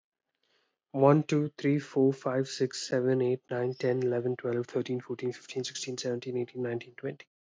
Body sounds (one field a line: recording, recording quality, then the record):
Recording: counting at a fast pace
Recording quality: excellent, no background noise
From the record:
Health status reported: healthy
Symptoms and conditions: none ticked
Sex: male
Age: 21 years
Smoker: not ticked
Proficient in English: yes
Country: India